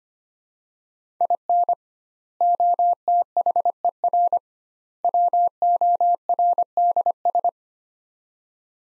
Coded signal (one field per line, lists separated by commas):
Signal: Morse code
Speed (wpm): 25 wpm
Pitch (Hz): 700 Hz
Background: none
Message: IN OTHER WORDS